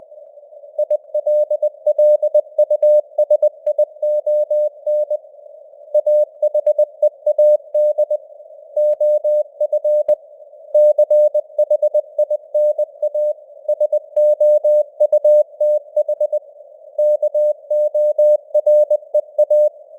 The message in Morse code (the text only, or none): ILLUSION AHEAD OF CHINA SOUTH KOREA